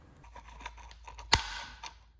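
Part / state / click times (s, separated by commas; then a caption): fuel suction plate onto fuel filter / seated / 1.3 s. A plastic fuel suction plate is pressed down onto the fuel filter during a fuel pump and filter replacement on a Lexus GS 300 / IS 300. Faint plastic ticks and rustles lead up to one sharp, loud snap at 1.3 s, followed by a brief ringing tail and a few softer clicks. The plate snaps into place and is seated.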